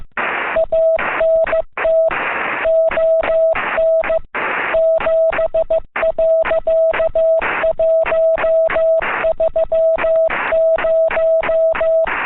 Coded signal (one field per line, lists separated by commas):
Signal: Morse code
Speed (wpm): 15 wpm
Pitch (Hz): 650 Hz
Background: music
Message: ANT ON 7.130